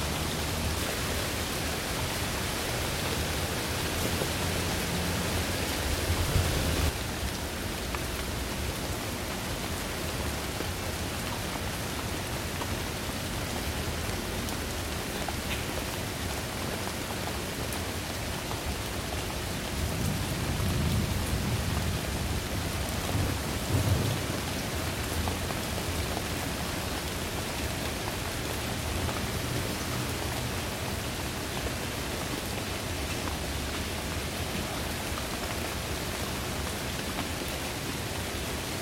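Steady, dense rain hisses evenly throughout, a constant wash. A low rumble of thunder swells from about twenty seconds and fades by twenty-five. The rain sounds slightly brighter and harsher during the first seven seconds before settling.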